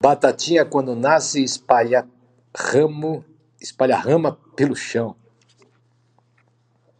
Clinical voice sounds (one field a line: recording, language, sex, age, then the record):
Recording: short text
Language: Brazilian Portuguese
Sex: male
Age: 50 to 59 years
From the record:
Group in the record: control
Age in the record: 56 years